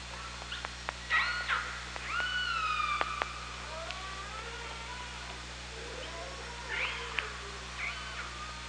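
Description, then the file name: Killer whale pulsed calls and whistles, several harmonic calls rising and bending between about one and four seconds, a few sharp clicks, then more short calls later, over steady underwater hum. Underwater OrcaLab hydrophone at Parson Island, 24 August 2017, 18:32. "Orca Lab 20170824 183203 PI"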